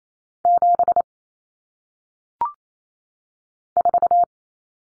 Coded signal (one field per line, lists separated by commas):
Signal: Morse code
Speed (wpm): 28 wpm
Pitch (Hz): 700 Hz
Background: none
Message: 7 4